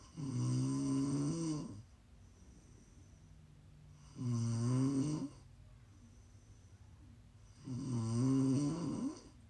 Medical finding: Prime ASMR snoring.